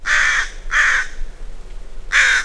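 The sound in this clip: Crow calls with three harsh, hoarse caws, two close together at the start and a third after a pause of about a second.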